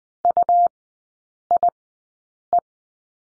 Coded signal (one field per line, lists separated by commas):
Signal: Morse code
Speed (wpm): 20 wpm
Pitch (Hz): 700 Hz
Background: none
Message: UIE